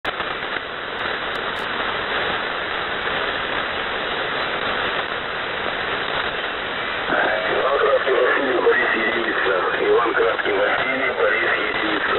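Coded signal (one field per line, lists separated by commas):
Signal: coded military voice message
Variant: The Pip, Russian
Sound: a voice reading a message through heavy shortwave static, clearer after seven seconds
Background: radio static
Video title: The Pip | 17th August 2023 | Monolith Voice Message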